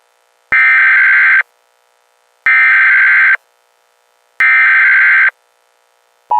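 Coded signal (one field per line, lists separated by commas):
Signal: Emergency Alert System (SAME) tones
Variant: header bursts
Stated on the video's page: Fictional EAS scenario.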